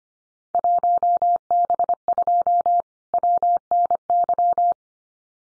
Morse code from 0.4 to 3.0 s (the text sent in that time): 1B2